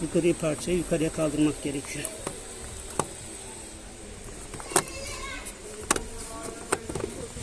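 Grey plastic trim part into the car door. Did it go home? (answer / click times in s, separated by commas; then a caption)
yes / 5.9 s. A grey plastic trim part in a car door is pushed inward and lifted upward while someone talks. It pops into its seat with a sharp click at 5.9 seconds, and the part is seated.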